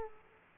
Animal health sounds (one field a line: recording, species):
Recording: mosquito wingbeat signal from an infrared sensor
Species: Aedes aegypti